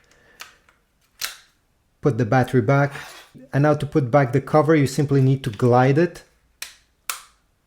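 The plastic battery compartment cover of a Meta Quest 3S VR controller is handled at the controller handle after the battery is put back, ready to be glided on until it latches. Someone talks through most of the clip, with brief handling taps around 0.4, 1.3, 6.6 and 7.1 seconds. The cover has not clicked or seated yet.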